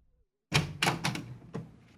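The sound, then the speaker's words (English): A door is opened by a servant: a heavy thunk, then a quick run of latch clatters and a final sharp knock, with a low rumble underneath fading out. “It was opened by a servant.”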